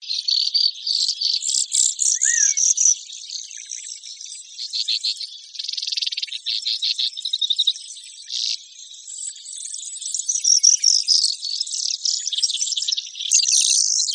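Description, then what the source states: Brewer's sparrow song: dense, continuous high trilling and buzzing that changes tempo throughout, with rattling phrases and a brief lower slurred note early on. Costa Rica.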